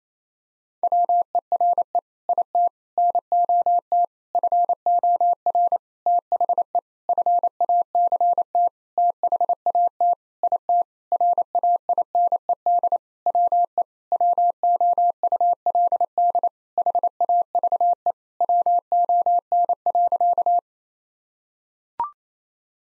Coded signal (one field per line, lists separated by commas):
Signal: Morse code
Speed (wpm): 28 wpm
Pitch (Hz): 700 Hz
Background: none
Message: WERE IT NOT FOR THE FACT THAT IT RAINED WE WOULD HAVE WON.